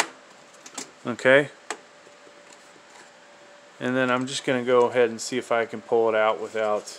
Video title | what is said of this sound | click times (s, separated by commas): How to install / replace RAM in HP Pavilion Gaming Desktop TG01-2170m PC, going from 8GB to 16GB | and i want to hear snaps hopefully on both sides | 0.7 s, 0.8 s